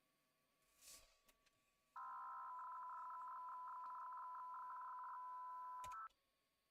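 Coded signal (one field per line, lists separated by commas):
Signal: PSK63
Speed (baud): 62.5 baud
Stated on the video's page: RSGB 3.5 MHz Club Championship data contest operating, streamed live.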